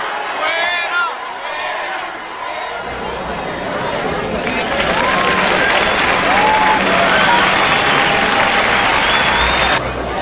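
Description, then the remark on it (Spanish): A crowd murmurs and chatters, then bursts into sustained applause as an artist leaves the stage: a dense, steady wash of clapping that holds for several seconds, with voices calling out beneath it, before cutting off. “Sí, es el único caso, creo que se ha dado en la historia del espectáculo mundial en que la gente aplaude porque un artista deja el escenario.”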